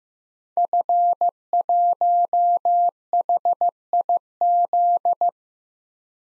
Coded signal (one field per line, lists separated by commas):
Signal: Morse code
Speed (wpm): 15 wpm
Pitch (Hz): 700 Hz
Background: none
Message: F1HIZ